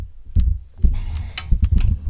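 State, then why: Seated. On a 2007 Ford Escape, a hold-down spring keeper (cup) on a rear parking brake shoe is pressed against its spring and given a half turn until it locks onto the pin. Low handling thumps lead to a sharp click at 1.4 s as the keeper locks, with a fainter tick around 1.8 s. The keeper is seated and locked in place.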